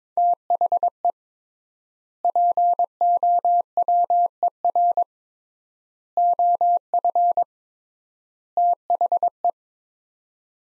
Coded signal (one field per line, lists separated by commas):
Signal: Morse code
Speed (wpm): 22 wpm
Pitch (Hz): 700 Hz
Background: none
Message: THE POWER OF THE